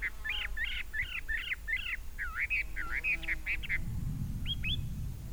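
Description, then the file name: Chinese hwamei giving a string of rich repeated whistled phrases that grow more varied, then two short upslurred notes, with low rumbling noise behind. Recorded at Dai Yun Shan, Fujian, China, on 9 May 2012. "Chinese Hwamei Song 120509-024 Fujian Dai Yun Shan"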